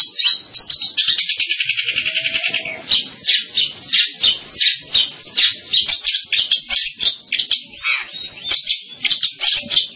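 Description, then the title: Long-tailed shrike song opening with a jumble of chirps, then a buzzy rattling trill for about two seconds, followed by a jumble of varied chirps, squeaky notes and harsh chatter. "Kicau Burung Pentet"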